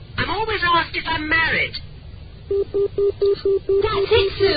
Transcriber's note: sound of pips